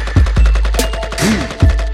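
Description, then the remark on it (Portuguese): A rapid burst of gunshots fired into the air rattles off in quick, even succession, punctuated by a few heavier booming cracks, with steady musical tones running underneath. “Rajada de tiros pro alto.”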